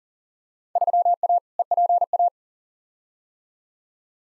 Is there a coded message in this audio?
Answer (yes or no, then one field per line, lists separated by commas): yes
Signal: Morse code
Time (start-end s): 0.8-2.3 s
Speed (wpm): 40 wpm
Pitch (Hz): 700 Hz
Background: none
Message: 3A EPA